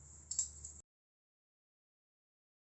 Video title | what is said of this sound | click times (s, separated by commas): Cara Memasang Konektor RJ 45 / Kabel UTP yang Baik dan Benar (Crimping UTP) | Selanjutnya, lalu jepit konektor dengan tang crimping atau crimping tool dan pastikan terdengar suara krek. | 0.3 s, 0.4 s